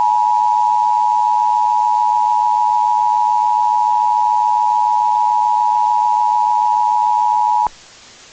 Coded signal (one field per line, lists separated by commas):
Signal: Emergency Alert System (SAME) tones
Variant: 853 and 960 Hz attention tone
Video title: EAS_Test.mp4